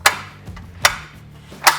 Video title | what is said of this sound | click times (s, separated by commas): How-to Little Giant Select Step Ladder | making sure that those Rock locks are locked into place we'll do the same thing with the select grip | 0.1 s, 0.9 s